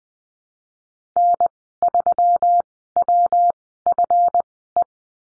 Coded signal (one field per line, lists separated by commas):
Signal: Morse code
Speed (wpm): 20 wpm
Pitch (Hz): 700 Hz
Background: none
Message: N3WFE